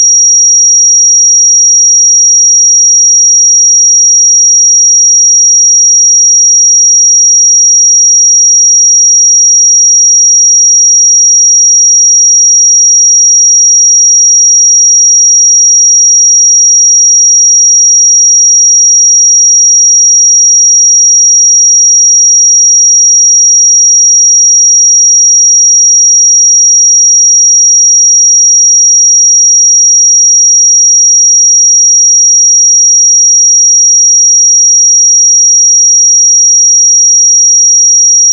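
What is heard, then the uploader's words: A pure sine tone at 5690 Hz sounds steadily for the full 38 seconds. The high, thin whistle holds one pitch and one level throughout, with no pulsing, breaks or background sound. 5690 Hz 1 Hz Interval Sine Pure Tone Frequency 441000 Sample Mono.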